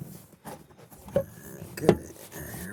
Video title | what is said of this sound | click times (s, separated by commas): 2000 Cadillac Eldorado ETC LED 3rd Brake light 🚨 | we go snapped in place | 1.9 s